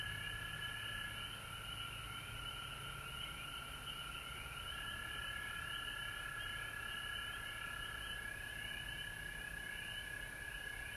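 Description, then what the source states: Frog chorus of continuous high trilling and quick, repeated rising chirps that come in runs, with faint low rumble beneath. Recorded at home in Georgia on March 19, 2020.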